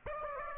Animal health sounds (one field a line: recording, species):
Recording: mosquito wingbeat signal from an infrared sensor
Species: Aedes aegypti